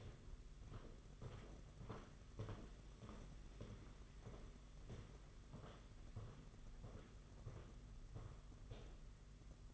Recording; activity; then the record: daily activity, microphone in the room; walk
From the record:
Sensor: 4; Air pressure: 992.4 hPa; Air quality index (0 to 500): 138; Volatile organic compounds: 65 ppm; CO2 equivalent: 3468 ppm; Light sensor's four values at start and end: 20/72/26/27 and 20/72/26/28